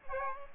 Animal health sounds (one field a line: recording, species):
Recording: mosquito wingbeat signal from an infrared sensor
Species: Aedes aegypti